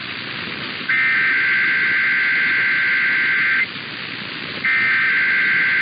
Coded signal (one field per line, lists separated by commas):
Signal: Emergency Alert System (SAME) tones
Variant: header bursts